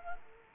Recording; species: mosquito wingbeat signal from an infrared sensor; Culex quinquefasciatus